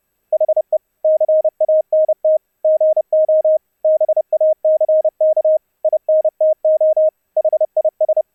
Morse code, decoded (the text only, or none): HE CANT GO BACK INTO HIS